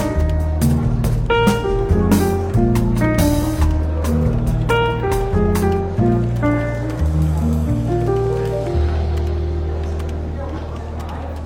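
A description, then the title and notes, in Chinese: A London bookshop café: steady chatter under soft, relaxed jazz with a walking bass line, plucked notes and occasional sharp clinks. 伦敦书店咖啡馆轻微喧闹氛围与柔和轻松的爵士背景音乐。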